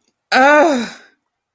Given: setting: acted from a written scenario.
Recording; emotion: vocal sound without words; anger